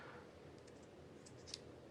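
A tiny magnetic ND filter is brought up to the lens housing of a DJI Osmo Pocket gimbal camera and snaps magnetically into place. Low background noise runs throughout, with a faint tick near 1.3 s and a sharp, short click at 1.5 s as the filter seats.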